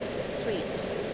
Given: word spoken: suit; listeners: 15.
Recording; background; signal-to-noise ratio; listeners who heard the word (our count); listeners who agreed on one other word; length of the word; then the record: one English word in noise, from a listening test; speech-shaped noise; -4.8 dB; 0 of 15; 15 of 15; 0.74 s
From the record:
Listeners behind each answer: 15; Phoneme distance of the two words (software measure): 17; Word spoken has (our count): 1 syllable, 3 phonemes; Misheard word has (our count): 1 syllable, 4 phonemes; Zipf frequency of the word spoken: 4.59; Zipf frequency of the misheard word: 4.98